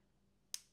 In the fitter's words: dès qu'on entend le clic c'est que le leasing pardon est fermé mais